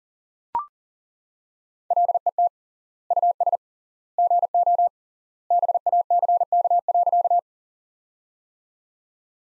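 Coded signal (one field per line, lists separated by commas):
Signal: Morse code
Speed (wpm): 40 wpm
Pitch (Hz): 700 Hz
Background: none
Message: LET US GO BACK.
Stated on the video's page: Practice sentences from top 300 words sent at 40 wpm with three times standard word spacing, a word-level analogue of Farnsworth spacing.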